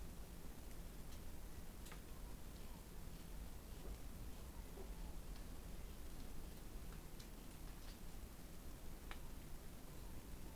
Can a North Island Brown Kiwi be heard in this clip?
no